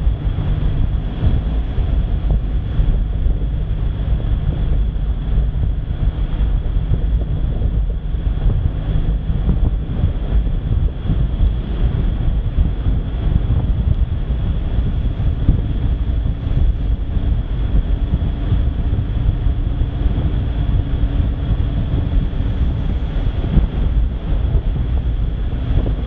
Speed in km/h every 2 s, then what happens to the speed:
28, 28, 28, 30, 31, 34, 35, 35, 35, 35, 34, 33, 30.
0-26 steady at about 33.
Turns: none.